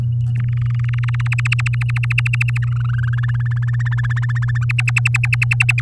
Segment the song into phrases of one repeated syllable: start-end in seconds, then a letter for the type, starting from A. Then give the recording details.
0.35-1.28 A, 1.31-2.58 B, 2.62-3.15 C, 3.17-4.65 D, 4.69-5.81 E. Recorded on 7 May 2018 at 14:23. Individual llb16